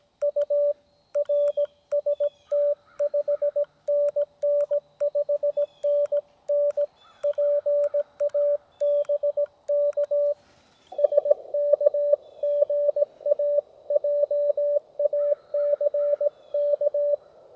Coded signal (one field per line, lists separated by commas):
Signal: Morse code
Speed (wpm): 17 wpm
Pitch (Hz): 580 Hz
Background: radio noise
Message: U RST 5NN 5NN PA BK SK GA JACK